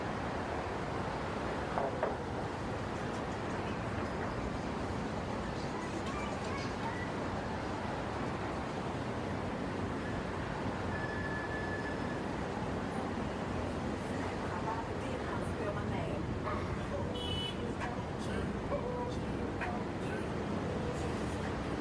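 Heavy traffic on the Brooklyn Bridge makes a steady, dense low roar that barely changes over the whole stretch. Faint voices drift through, a brief tone sounds around the eleventh second, and scattered short clicks and knocks appear near the seventeenth.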